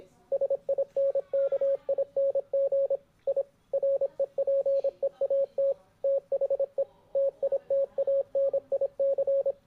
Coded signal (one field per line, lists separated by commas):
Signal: Morse code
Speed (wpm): 26 wpm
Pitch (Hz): 550 Hz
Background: radio noise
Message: SINKING I REPEAT THE TITANIC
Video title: Morse Code